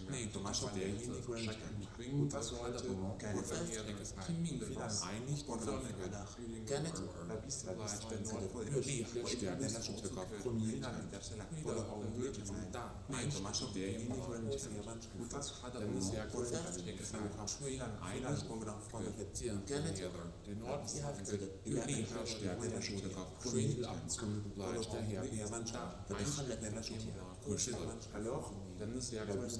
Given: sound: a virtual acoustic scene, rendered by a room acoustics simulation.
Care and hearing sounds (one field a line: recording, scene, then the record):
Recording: noise of the scene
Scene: underground station, no trains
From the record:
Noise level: 70 dB SPL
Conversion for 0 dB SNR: 0.7 dB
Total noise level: 70.7 dB SPL